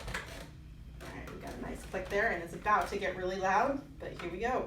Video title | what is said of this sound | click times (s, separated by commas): Nutrition Nuggets: Breakfast of Champions! | We've got a nice click there | 0.1 s